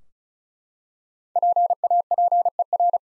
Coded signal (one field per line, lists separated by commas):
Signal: Morse code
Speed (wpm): 36 wpm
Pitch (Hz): 700 Hz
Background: none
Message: PAPER